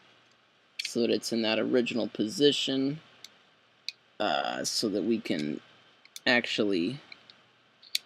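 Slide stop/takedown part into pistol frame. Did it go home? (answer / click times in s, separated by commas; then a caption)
yes / 7.9 s. While someone talks during reassembly of a compact SIG P238 pistol, a small steel slide stop or takedown part is put back into the frame. A single sharp, loud metallic snap at 8.0 s marks it seating into place as the slide goes forward.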